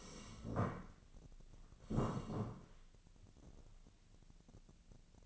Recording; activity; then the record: daily activity, microphone in the room; sit down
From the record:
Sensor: 4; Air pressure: 1013.1 hPa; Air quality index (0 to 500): 173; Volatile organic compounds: 2 ppm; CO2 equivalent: 1094 ppm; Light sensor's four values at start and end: 53/130/55/59 and 53/131/55/59